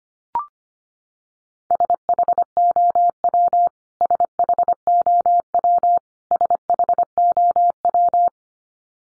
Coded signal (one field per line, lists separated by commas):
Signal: Morse code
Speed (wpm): 25 wpm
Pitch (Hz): 700 Hz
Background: none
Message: SHOW SHOW SHOW